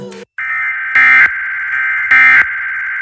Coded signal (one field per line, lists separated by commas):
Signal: Emergency Alert System (SAME) tones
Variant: end-of-message bursts